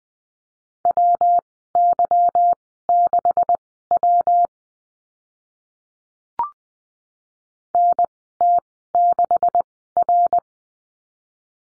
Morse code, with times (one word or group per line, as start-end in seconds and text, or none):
0.9-4.5 WY6W
7.7-10.4 NT6R